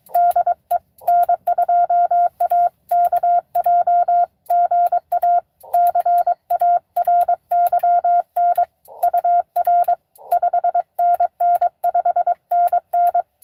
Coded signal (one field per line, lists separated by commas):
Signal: Morse code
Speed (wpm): 22 wpm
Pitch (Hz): 690 Hz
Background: none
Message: DE N2AKJ GA CARYN UR 5NN 5NN